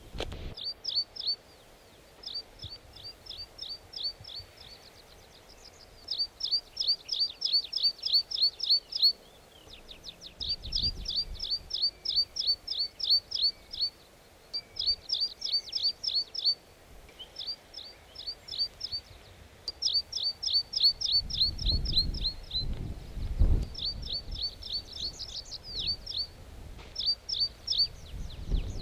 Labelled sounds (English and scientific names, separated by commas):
Tree Pipit (Anthus trivialis) song